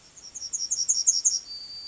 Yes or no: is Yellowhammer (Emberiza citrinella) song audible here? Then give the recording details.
yes. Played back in grassland. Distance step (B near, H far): C. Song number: 024